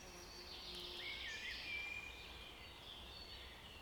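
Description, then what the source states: Birds singing faintly, a whistled slur and soft twittering in the middle, with a low steady background hum. Birds in a forest.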